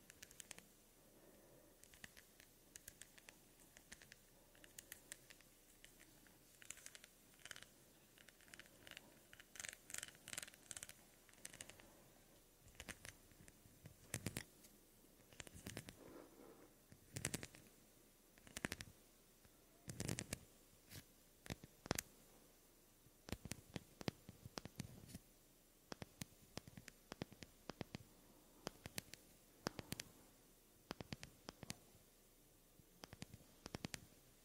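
Soft hand and skin sounds: brushing, rubbing and light tapping come in uneven bursts for the whole half minute. Crisp little clicks and scratchy swishes cluster together, then pause briefly, over a very quiet, faintly hissy background.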